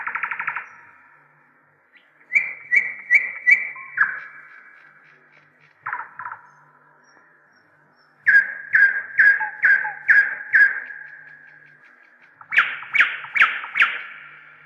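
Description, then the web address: Nightingale singing in separate short phrases with pauses: fast repeated chopped notes and short rattles. "slowik spiew slowika"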